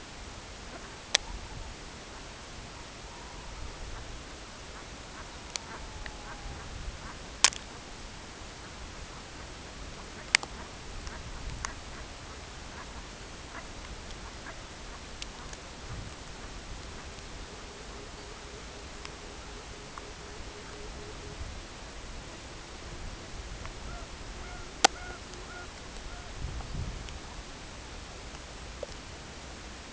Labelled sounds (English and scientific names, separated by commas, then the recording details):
unidentified sound, Red-throated Loon (Gavia stellata), Pectoral Sandpiper (Calidris melanotos)
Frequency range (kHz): Red-throated Loon (Gavia stellata) 0.5-1.5 kHz
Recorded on Arctic tundra, site CORI-1, on 16 June 2018
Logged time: 14:00